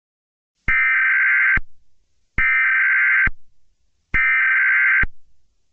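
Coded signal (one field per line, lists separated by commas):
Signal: Emergency Alert System (SAME) tones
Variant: header bursts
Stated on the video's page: Fictional EAS scenario tones about a "Deedo Invasion", not a real alert.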